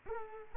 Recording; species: mosquito wingbeat signal from an infrared sensor; Culex pipiens